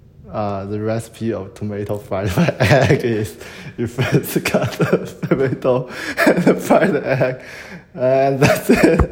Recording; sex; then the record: free speech after running; male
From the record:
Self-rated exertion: moderate exertion (3 of 6); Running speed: 8 miles an hour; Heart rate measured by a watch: 94 beats a minute at the start, 93 at the end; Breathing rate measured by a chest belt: 15 breaths a minute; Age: 23 years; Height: 172 cm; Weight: 73 kg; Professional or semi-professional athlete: no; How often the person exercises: 3 to 5 times a week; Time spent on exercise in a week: over 5 hours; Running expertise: yes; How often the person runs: 3 to 5 times a week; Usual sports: running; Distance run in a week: 40 km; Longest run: 20 km